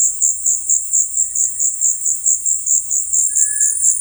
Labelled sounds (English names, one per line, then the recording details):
White-throated Tinamou
Cinereous Tinamou
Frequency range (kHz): White-throated Tinamou 1.2-2.5 kHz; Cinereous Tinamou 1.2-2.1 kHz
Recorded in dense forest near Puerto Asís, Putumayo, Colombia, on 21 February 2024 at 16:30
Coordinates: 0.484, -76.317
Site G6464